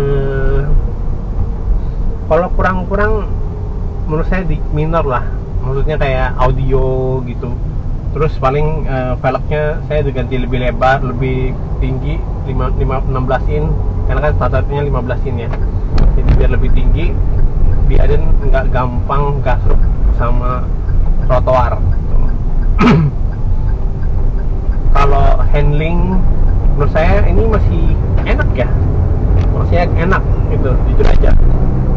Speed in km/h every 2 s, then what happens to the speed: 31, 29, 29, 23, 18, 20, 26, 29, 27, 25, 27, 24, 20, 21, 27, 33.
4-8 slows to 18. 8-13 speeds up to 29. 13-21 steady at about 27. 21-25 slows to 20. 25-32 speeds up to 33.